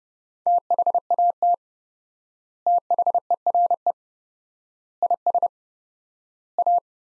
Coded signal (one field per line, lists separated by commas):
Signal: Morse code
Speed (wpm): 30 wpm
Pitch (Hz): 700 Hz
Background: none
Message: THAT THERE IS A